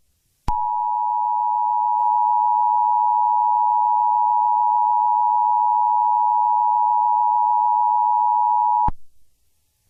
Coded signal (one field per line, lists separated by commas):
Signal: Emergency Alert System (SAME) tones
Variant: 853 and 960 Hz attention tone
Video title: EAS Scenario #6: Wedge in the Peach State